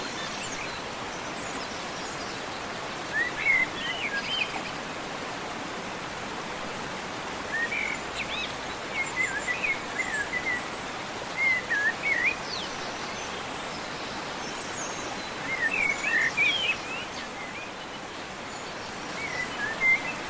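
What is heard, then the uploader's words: A waterfall roars in the rainforest as a steady, dense rush of falling water that never lets up. Bright bird chirps and short calls break through in clusters, around three, eight, twelve and sixteen seconds and again at the very end. Waterfall deep in the rainforest. The sounds of this waterfall and all the animals.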